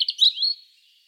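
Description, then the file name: European robin giving a brief, high, thin twittering phrase of quick tumbling notes that fades out within a second. "Erithacus rubecula"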